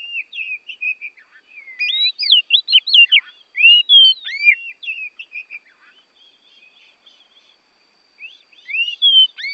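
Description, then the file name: Oriental magpie-robin delivering bright, looping whistled phrases mixed with sharp chirps, going quiet for two seconds before resuming with upslurred whistles. Oriental magpie-robin from Borneo; recording made for training songbirds (masteran). "kacer borneo"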